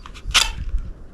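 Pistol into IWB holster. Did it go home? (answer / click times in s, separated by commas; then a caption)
yes / 0.1 s. A compact Glock 43X pistol is pushed into a rounded molded plastic inside-the-waistband holster, seating with a sharp click at 0.1 s. A louder, broader rustling burst follows around 0.3–0.45 s, then faint ticks near 0.7 and 0.8 s. The holster retains the pistol and holds it well.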